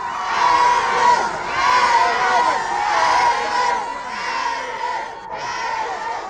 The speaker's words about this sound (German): Zurück blieben seine Verehrer, die ihn zünftig verabschiedeten. Morgen werden andere an seinem Zug stehen. Schreien werden sie genauso.